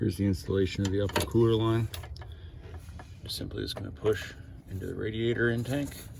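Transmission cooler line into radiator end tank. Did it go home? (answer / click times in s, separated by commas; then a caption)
no / none. Someone talks while handling the upper transmission cooler line fitting at the radiator end tank of a 2013–2019 third-gen Silverado, Tahoe, Suburban or fourth-gen Sierra (GMT K2XX) during a radiator replacement, with faint short handling sounds around 2.2, 2.3 and 3.0 seconds. The line is about to be pushed into the end tank, but nothing has seated or clicked yet.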